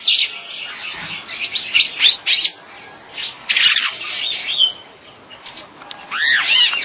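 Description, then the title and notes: Bird song: busy high twittering and chirping phrases with quick whistled slurs, ending in a few looping, rising-falling whistles. "Kicau Burung Lengkap"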